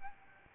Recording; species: mosquito wingbeat signal from an infrared sensor; Aedes albopictus